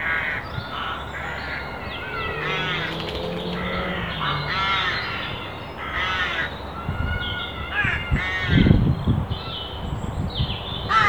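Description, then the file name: Carrion crow among repeated harsh cawing calls in a busy stretch, with other bird notes, low rumbling and occasional thumps. "Corvus corone"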